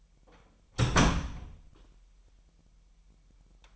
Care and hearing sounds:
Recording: daily activity, microphone in the room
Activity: close door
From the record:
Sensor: 1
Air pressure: 998.5 hPa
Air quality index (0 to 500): 129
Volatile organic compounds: 4 ppm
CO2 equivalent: 1539 ppm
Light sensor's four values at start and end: 19/63/25/26 and 19/63/25/26

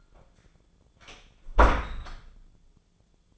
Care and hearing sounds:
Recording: daily activity, microphone in the room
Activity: close door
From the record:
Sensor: 5

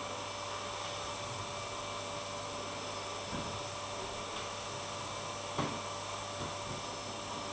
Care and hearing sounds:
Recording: daily activity, microphone in the room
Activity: vacuum cleaning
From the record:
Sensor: 1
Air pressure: 1007.7 hPa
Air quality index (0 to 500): 78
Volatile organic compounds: 1 ppm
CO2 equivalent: 677 ppm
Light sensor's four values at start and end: 9/22/9/10 and 9/22/9/10

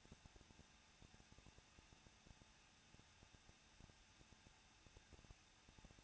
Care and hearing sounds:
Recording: daily activity, microphone in the room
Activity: no activity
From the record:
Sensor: 2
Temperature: 21.0 degrees Celsius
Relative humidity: 37.5%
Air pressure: 1006.2 hPa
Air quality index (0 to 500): 223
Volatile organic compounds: 25 ppm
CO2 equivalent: 2839 ppm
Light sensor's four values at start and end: 2/3/2/2 and 2/3/2/2

